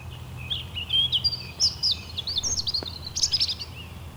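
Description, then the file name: European robin singing a thin, high, varied warble of quick slurred notes and twitters, continuous throughout, over a steady low hum. "Erithacus rubecula"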